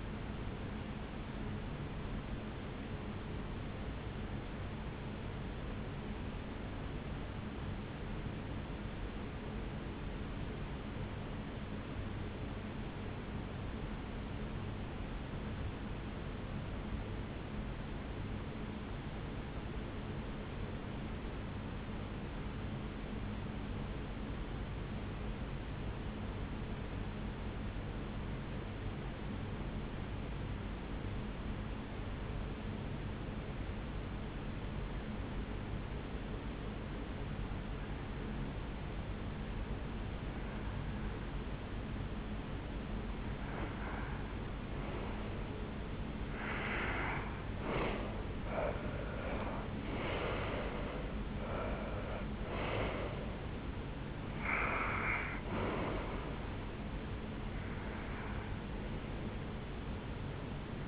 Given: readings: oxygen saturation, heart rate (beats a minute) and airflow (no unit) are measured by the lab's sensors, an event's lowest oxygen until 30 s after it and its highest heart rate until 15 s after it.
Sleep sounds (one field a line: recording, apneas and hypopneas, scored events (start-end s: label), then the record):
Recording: breathing in sleep by a voice recorder at the bedside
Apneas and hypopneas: 1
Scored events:
6.00-44.30 s: hypopnea (REM, oxygen 96% highest, then 79% lowest, heart rate 60 at the start, 79 highest)
47.00-60.88 s: new sleep stage, N1 (lightest sleep)
From the record:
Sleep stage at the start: REM sleep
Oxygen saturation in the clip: 79 to 96%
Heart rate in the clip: 58 to 79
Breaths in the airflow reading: 14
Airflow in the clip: -11.2 to 6.7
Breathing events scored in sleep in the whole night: 449 in 7.0 hours asleep